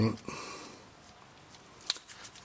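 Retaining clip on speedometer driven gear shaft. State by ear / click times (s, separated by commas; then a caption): seated / 1.9 s. A metal retaining clip is pressed onto the groove of the speedometer driven gear shaft on a Ford Ranger transmission while someone talks briefly at the start. A single sharp snap is heard at 1.9 s as the clip seats on the shaft.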